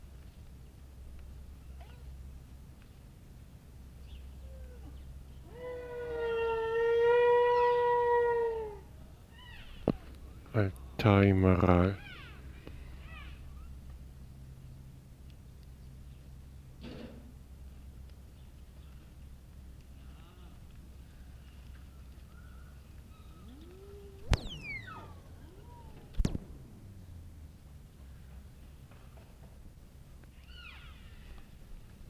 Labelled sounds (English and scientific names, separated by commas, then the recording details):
Wapiti (Cervus canadensis)
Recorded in captivity
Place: Tierpark Berlin, Berlin, DE
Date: 1967-09-02
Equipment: R 20/2, Sennheiser MD 421
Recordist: Tembrock, Günter